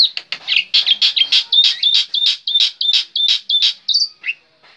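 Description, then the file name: Black-winged myna song: rhythmic, harsh buzzy bursts with thin whistles tucked between them, about three per second, fading at the end. Singing described as gacor. "suara jalak putih gacor"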